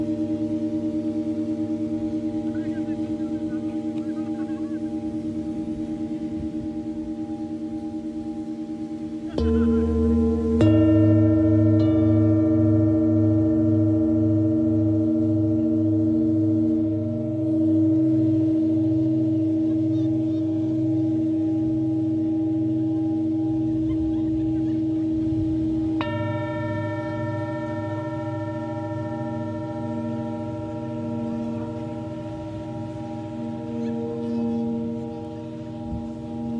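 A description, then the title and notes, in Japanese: Singing bowls ring in long sustained tones, with a deep new strike near ten seconds and another bright one around twenty-six seconds, their overlapping hums wavering slowly. メキシコから シンギングボウルのサウンドヒーリング ライブ。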